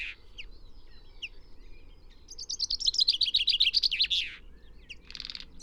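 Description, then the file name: Common chaffinch song: a quick descending run of bright chirping notes lasting about two seconds, ending in a downward flourish, with a few scattered short notes before and after. "Fringilla coelebs"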